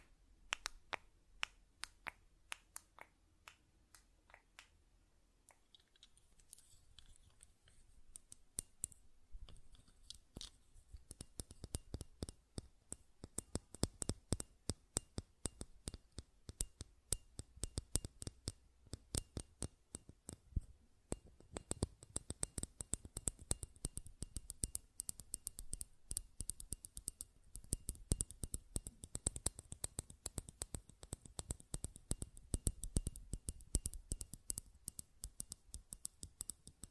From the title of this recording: Button Clicking and Tapping Sounds